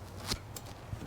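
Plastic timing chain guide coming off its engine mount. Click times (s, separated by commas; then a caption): 0.3 s, 0.6 s. A small tab on the back side of a plastic timing chain guide in a 2006-2009 Ford Fusion 3.0 V6 is pulled and pushed so the guide releases from its engine mount. Two quiet, sharp snaps are heard at 0.3 s and 0.6 s over a low, steady background hum. The guide is released and comes off its mount.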